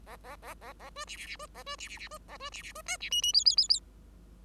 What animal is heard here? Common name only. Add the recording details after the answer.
Bengalese Finch. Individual Bird5